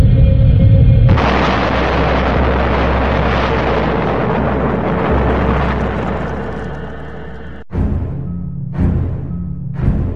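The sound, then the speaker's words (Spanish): A low rumble gives way to a sudden massive explosion, the 1908 Tunguska explosion in Siberia at 7:14 in the morning, that roars on for several seconds, followed by three more sharp, heavy booms, each fading out. No one speaks. “La región de Tunguska contempla la mayor explosión de la historia de la humanidad.”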